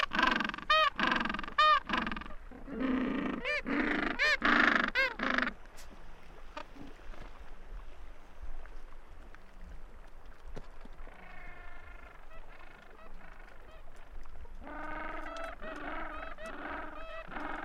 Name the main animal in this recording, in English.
Gentoo Penguin